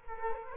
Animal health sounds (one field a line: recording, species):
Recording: mosquito wingbeat signal from an infrared sensor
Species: Culex quinquefasciatus